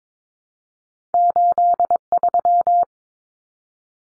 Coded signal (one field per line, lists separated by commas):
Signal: Morse code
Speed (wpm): 22 wpm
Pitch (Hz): 700 Hz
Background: none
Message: 83